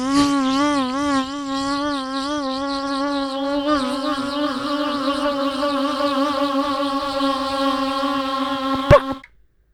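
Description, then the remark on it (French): A kazoo hums one steady, nasal buzz like a fly, wavering slightly in pitch at first, then holding nearly level for about nine seconds before stopping with a short click. “Ben oui, mais une musique à mouche, c'est une mouche dans une musique.”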